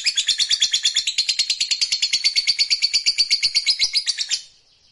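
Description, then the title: Lovebird ngekek, an unbroken shrill pulsed trill lasting over four seconds, fast and steady, then stopping abruptly into quiet. Fighter-type lovebird giving a long ngekek trill. "Begitu Dengar Suara Lovebird FIGHTER NGEKEK PANJANG"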